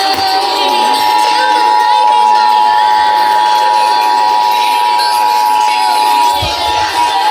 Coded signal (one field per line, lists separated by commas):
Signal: Emergency Alert System (SAME) tones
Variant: 853 and 960 Hz attention tone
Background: music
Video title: North Carolina Required Monthly Test at 3AM on Multiple stations (EAS #825-834)